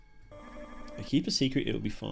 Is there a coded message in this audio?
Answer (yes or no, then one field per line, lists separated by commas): no